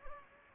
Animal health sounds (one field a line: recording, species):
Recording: mosquito wingbeat signal from an infrared sensor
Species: Anopheles gambiae